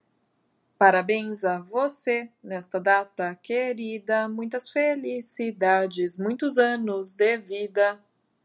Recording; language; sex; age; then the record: short text; Brazilian Portuguese; female; 20 to 29 years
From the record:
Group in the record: control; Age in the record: 27 years